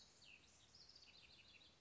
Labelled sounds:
Cassin's Vireo (Vireo cassinii)

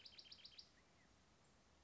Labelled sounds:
Bewick's Wren (Thryomanes bewickii)

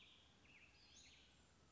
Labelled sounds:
Western Flycatcher (Empidonax difficilis)

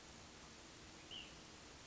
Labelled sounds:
Ash-throated Flycatcher (Myiarchus cinerascens)

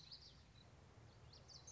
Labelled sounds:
Common Yellowthroat (Geothlypis trichas)

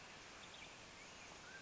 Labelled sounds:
Mountain Quail (Oreortyx pictus)

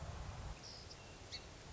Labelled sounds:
Song Sparrow (Melospiza melodia)

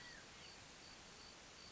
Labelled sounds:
California Quail (Callipepla californica)

